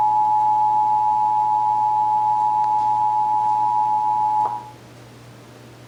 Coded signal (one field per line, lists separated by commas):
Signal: Emergency Alert System (SAME) tones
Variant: 853 and 960 Hz attention tone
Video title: (EAS #555-561) January 2024 Texas Required Monthly Test